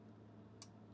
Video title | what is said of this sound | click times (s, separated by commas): These Will Go FAST! One Of The Most Wild Knives Of 2024 - The Divo Collab We Didn't Know We Needed | nice clicky detent for a liner lock | 0.6 s